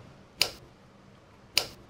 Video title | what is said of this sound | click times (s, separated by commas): Dell PowerEdge R430 Server Memory Overview & Upgrade - How to Install RAM - Supported DDR4 DIMMs | is it not fully insertable this is a common user errors you hear these two clicks | 0.4 s, 1.6 s